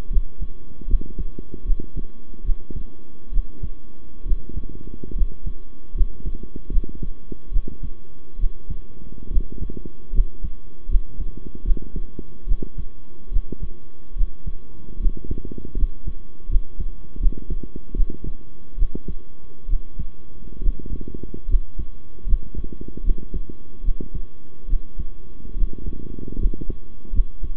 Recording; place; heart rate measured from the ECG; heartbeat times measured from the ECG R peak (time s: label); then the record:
heart sounds by stethoscope; between the tricuspid and mitral areas; 73 bpm
0.09 s: heartbeat
0.87 s: heartbeat
1.64 s: heartbeat
2.43 s: heartbeat
3.31 s: heartbeat
4.25 s: heartbeat
5.14 s: heartbeat
5.94 s: heartbeat
6.70 s: heartbeat
7.51 s: heartbeat
8.38 s: heartbeat
9.30 s: heartbeat
10.12 s: heartbeat
10.88 s: heartbeat
11.64 s: heartbeat
12.46 s: heartbeat
13.31 s: heartbeat
14.15 s: heartbeat
14.99 s: heartbeat
15.76 s: heartbeat
16.48 s: heartbeat
17.19 s: heartbeat
17.95 s: heartbeat
18.77 s: heartbeat
19.68 s: heartbeat
20.61 s: heartbeat
21.47 s: heartbeat
22.26 s: heartbeat
23.03 s: heartbeat
23.83 s: heartbeat
24.67 s: heartbeat
25.56 s: heartbeat
26.38 s: heartbeat
27.12 s: heartbeat
From the record:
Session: rest, sitting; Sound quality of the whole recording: good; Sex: male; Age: 23 years